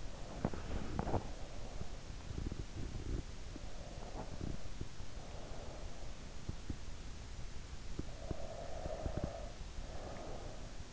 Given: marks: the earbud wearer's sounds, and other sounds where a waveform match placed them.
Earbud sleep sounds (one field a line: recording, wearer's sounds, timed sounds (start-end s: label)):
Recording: sounds in sleep by an in-ear microphone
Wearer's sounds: teeth grinding, breath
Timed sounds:
0.00-3.31 s: teeth grinding
8.06-10.93 s: breath